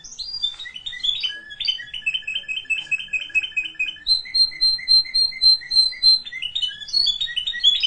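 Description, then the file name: Canary song with quick chirps leading into steady repeated notes and a sustained high warble, rhythmic and continuous, with faint background noise. "Canary Voice"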